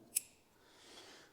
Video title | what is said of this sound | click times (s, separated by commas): Part 3 - All About Nodes - ProData Weather Systems | a satisfying click | 0.2 s